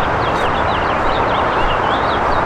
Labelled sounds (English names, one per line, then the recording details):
House Finch song
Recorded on Long Island, New York, on 1 June 2012
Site AS
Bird B